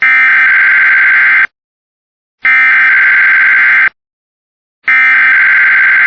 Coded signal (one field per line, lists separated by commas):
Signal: Emergency Alert System (SAME) tones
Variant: header bursts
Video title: Massachusetts’ RWT - 12/17/2025 (EAS #204)